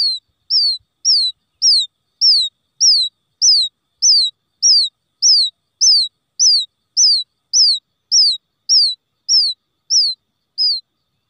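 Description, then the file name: Quail chick giving a steady run of shrill descending peeps, close to two per second, with no other sounds. Quail chick calling for its mother after becoming lost from the flock. "tieng cut non keu goi me lac dan chuan"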